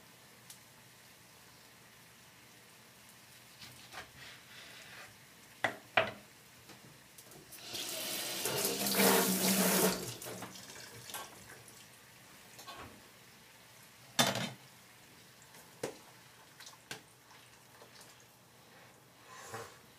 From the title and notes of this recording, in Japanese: 環境音 弁当用につくりおき。